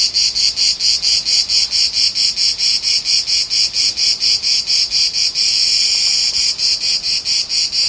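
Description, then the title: Insect chirping in rapid, regular high pulses, briefly merging into a continuous buzz before the pulses resume. Pest insect on the Spartacus trail at Pilisszentlászló, Hungary. "斯巴达克斯路径，Pilisszentlászló，害虫，匈牙利"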